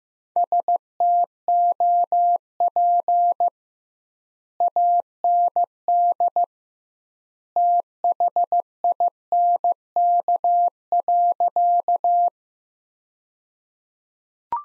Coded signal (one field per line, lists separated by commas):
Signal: Morse code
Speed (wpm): 15 wpm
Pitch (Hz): 700 Hz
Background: none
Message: STOP AND THINK.